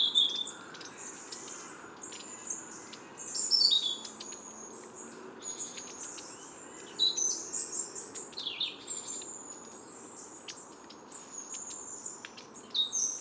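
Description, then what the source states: Tits calling in a flock: many high thin notes and brief chattering phrases, some overlapping, over a steady background hiss. Mixed foraging flock of blue tits and great tits in a woodland park, Paris, France, autumn.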